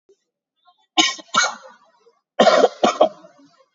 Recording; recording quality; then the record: heavy voluntary cough; excellent, no background noise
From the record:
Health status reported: COVID-19 positive, moderate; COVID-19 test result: positive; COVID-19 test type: RT-PCR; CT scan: taken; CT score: 6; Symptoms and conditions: cough, cold, fever, muscle pain, loss of smell and taste, diarrhoea, hypertension, diabetes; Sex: male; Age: 67 years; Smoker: no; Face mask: worn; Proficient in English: yes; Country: India